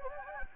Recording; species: mosquito wingbeat signal from an infrared sensor; Anopheles gambiae